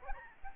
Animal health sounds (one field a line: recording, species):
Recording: mosquito wingbeat signal from an infrared sensor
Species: Aedes albopictus